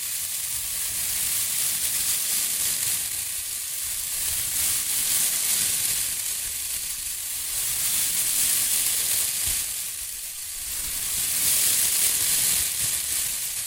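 Shredded tissue and packing peanuts rustle and crinkle without pause, a dense, bright crackle much like frying. The texture swells and eases in slow waves every few seconds, with slightly louder, crisper stretches around the middle and near the end.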